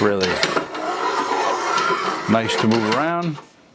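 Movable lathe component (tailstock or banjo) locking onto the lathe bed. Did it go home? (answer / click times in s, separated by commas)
no / none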